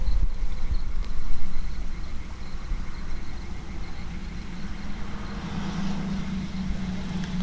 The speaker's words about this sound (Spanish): Ay, eso creo que es un fenómeno interesante porque de fondo también escuchamos cómo pasan los camiones del puente que hace vibrar todo el paisaje.